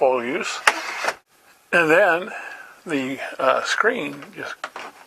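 A plastic insect screen is being handled and pushed up toward the new trim ring of an RV roof vent fan during a Vortex II vent fan upgrade, while someone talks. Brief handling and rubbing sounds are heard under the voice, but the screen has not locked into the trim ring yet.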